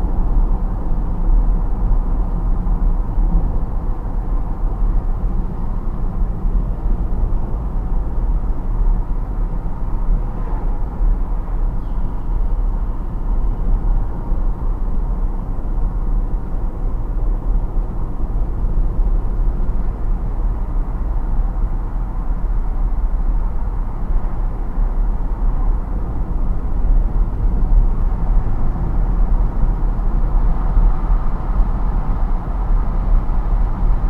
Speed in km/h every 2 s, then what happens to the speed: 72, 72, 72, 72, 72, 70, 68, 66, 68, 70, 72, 72, 72, 74, 74, 74, 74.
0-9 steady at about 72. 9-15 slows to 66. 15-19 speeds up to 72. 19-34 steady at about 74.